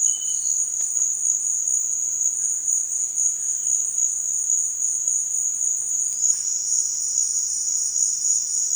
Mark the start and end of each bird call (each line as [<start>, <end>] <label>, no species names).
[0.04, 0.57] bird call